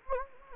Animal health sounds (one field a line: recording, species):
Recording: mosquito wingbeat signal from an infrared sensor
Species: Anopheles gambiae